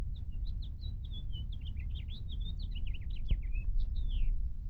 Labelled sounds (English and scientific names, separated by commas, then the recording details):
House Finch (Haemorhous mexicanus) song
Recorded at Lawrence on Long Island, New York, on 4 June 1975
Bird D